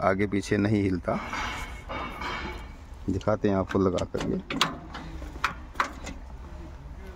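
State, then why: Seated. Someone talks while moving the parking-lock gear lever in the transmission of a John Deere 5210 4WD tractor into its lock position. Two sharp metallic clicks are heard at 5.4 s and 5.8 s as the park lock engages. The tractor is now locked and will not roll forward or back.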